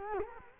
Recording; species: mosquito wingbeat signal from an infrared sensor; Culex quinquefasciatus